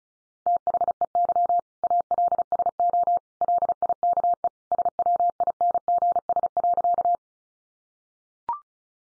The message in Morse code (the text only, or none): THEY ALSO LIKE SWINGS.